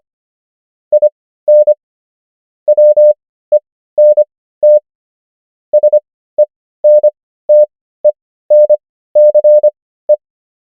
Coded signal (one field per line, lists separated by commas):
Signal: Morse code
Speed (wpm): 25 wpm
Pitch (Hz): 600 Hz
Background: none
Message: IN WENT SENTENCE